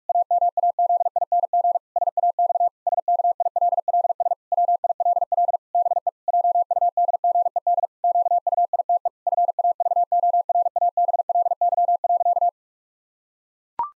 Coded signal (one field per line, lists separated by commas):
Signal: Morse code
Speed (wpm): 46 wpm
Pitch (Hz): 700 Hz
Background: none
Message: AMAZING SAX SKILLS WILL BE JUDGED QUITE FAVORABLY.